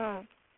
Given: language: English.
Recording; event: throat vibration sensor signal played as sound; speech